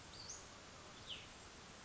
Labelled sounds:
Cassin's Vireo (Vireo cassinii)

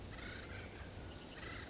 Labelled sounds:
Acorn Woodpecker (Melanerpes formicivorus)

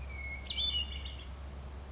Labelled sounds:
Hermit Thrush (Catharus guttatus)

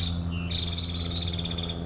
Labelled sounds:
Nuttall's Woodpecker (Dryobates nuttallii)

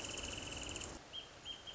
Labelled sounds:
Wrentit (Chamaea fasciata)

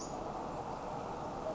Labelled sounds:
Western Flycatcher (Empidonax difficilis)

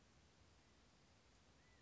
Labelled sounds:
California Quail (Callipepla californica)

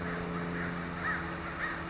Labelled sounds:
American Crow (Corvus brachyrhynchos)

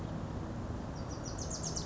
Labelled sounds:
Wilson's Warbler (Cardellina pusilla)

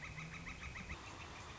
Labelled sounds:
Northern Flicker (Colaptes auratus)

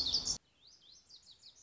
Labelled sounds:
Lazuli Bunting (Passerina amoena)

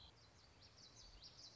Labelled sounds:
Common Yellowthroat (Geothlypis trichas)

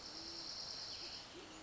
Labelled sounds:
Dark-eyed Junco (Junco hyemalis)

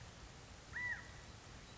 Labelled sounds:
California Quail (Callipepla californica)

